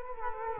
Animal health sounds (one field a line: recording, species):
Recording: mosquito wingbeat signal from an infrared sensor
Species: Culex quinquefasciatus